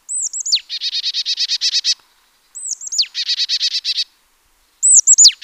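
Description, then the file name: Marsh tit call: quick high downslurred notes leading into a long, even rattle of about a dozen buzzy nasal notes, given twice, a third phrase beginning at the end. "Poecile palustris"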